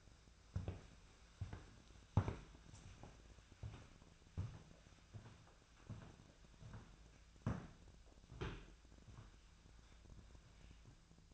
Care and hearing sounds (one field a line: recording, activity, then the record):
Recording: daily activity, microphone in the room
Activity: walk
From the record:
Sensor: 2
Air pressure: 1008.1 hPa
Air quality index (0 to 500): 180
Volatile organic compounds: 10 ppm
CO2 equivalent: 2212 ppm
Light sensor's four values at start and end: 11/27/11/12 and 12/28/12/12